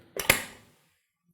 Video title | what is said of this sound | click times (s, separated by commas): How To Fold & Unfold A Portable Pedal Exerciser | it's folded it's very simple just pull the leg up until this pin locks into place in the hole right here just like that | 0.2 s, 0.3 s